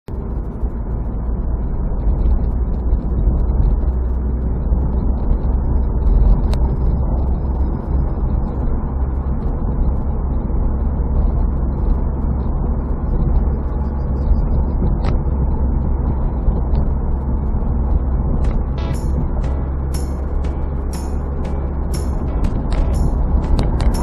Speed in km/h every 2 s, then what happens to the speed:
41, 43, 45, 46, 48, 47, 48, 48, 46, 48, 49, 50.
0-7 speeds up to 48. 7-24 steady at about 48.